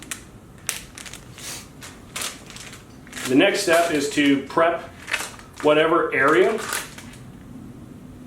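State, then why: Seated. Adhesive electrode pads are lined up with the two snap buttons on the back of a wireless TENS massager unit and pushed on. Two sharp snaps are heard at 0.1 s and 0.7 s as they seat, followed by a few small clicks and handling sounds, then someone talks.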